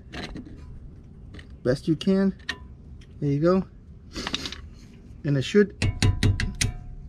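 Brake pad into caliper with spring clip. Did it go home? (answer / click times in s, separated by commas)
yes / 6.2 s, 6.4 s, 6.6 s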